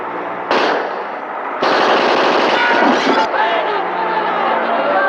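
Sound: gunfire bursts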